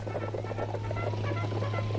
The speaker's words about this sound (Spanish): El helicóptero que están escuchando es de un medio de prensa rival que pretende filmar. Pretende hacerse de la primicia.